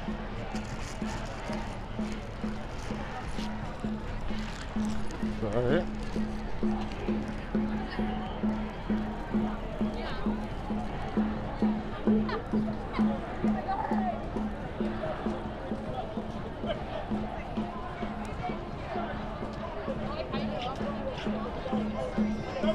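Street sounds from a march, with a dense babble of many voices and shouting running throughout. A rapid, regular pulse, like drumming or rhythmic chanting, beats steadily across the whole stretch, with a sharp rising cry near the six-second mark.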